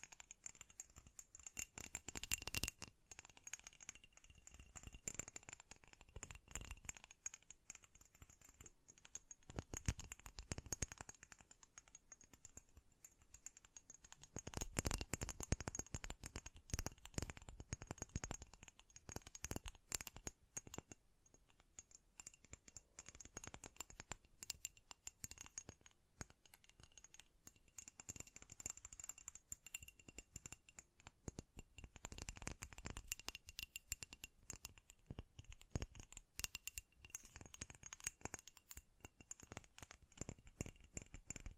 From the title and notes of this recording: ASMR Great Tapping Sounds for Sleep (No Talking).